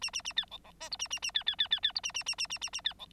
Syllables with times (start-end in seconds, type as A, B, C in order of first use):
0.01-0.10 A, 0.13-0.22 A, 0.24-0.33 A, 0.36-0.45 B, 0.51-0.58 C, 0.64-0.71 C, 0.80-0.89 D, 0.91-0.97 E, 0.99-1.08 A, 1.10-1.19 A, 1.22-1.31 A, 1.34-1.44 B, 1.46-1.56 B, 1.58-1.68 B, 1.71-1.80 B, 1.83-1.92 B, 1.95-2.01 E, 2.03-2.12 A, 2.14-2.23 A, 2.26-2.35 A, 2.38-2.47 A, 2.50-2.58 A, 2.61-2.70 A, 2.73-2.81 A, 2.84-2.94 B, 2.99-3.06 C